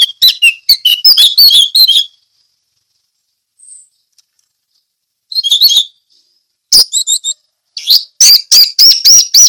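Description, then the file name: Orange-headed thrush delivering quick, varied chirping and whistled phrases in separate bursts, ending in a run of sharp, even, high notes. Song of the anis merah in the ngeplong teler style. "suara anis merah ngeplong teler"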